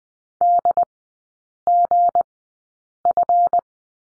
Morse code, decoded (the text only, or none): DGF